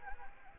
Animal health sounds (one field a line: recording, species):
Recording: mosquito wingbeat signal from an infrared sensor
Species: Anopheles arabiensis